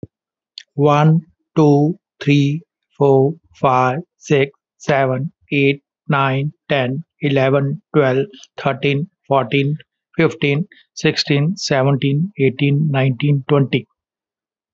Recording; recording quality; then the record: counting at a normal pace; excellent, no background noise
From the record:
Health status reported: healthy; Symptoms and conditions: hypertension, diabetes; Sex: male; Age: 57 years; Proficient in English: yes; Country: India